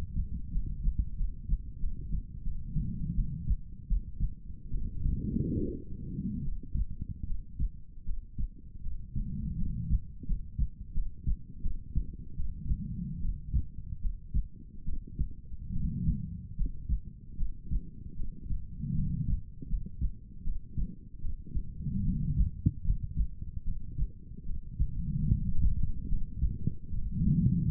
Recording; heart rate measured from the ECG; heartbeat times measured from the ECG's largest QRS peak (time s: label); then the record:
heart sounds by stethoscope; 77 bpm
0.50 s: heartbeat
1.15 s: heartbeat
1.78 s: heartbeat
2.42 s: heartbeat
3.14 s: heartbeat
3.87 s: heartbeat
4.69 s: heartbeat
5.56 s: heartbeat
6.43 s: heartbeat
7.25 s: heartbeat
8.04 s: heartbeat
8.81 s: heartbeat
9.56 s: heartbeat
10.25 s: heartbeat
10.93 s: heartbeat
11.61 s: heartbeat
12.35 s: heartbeat
13.20 s: heartbeat
14.00 s: heartbeat
14.84 s: heartbeat
15.71 s: heartbeat
16.55 s: heartbeat
17.36 s: heartbeat
18.15 s: heartbeat
18.93 s: heartbeat
19.67 s: heartbeat
20.42 s: heartbeat
21.20 s: heartbeat
22.02 s: heartbeat
22.83 s: heartbeat
23.63 s: heartbeat
24.44 s: heartbeat
25.27 s: heartbeat
26.07 s: heartbeat
26.89 s: heartbeat
27.67 s: heartbeat
From the record:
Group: healthy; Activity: rest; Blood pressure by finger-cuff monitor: 121/71 mmHg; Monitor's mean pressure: 88 mmHg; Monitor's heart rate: 76 bpm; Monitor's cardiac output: 7 L/min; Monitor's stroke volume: 90 mL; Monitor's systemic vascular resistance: 930 dyn s/cm5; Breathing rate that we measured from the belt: 19 breaths a minute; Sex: female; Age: 23 years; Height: 160 cm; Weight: 50.4 kg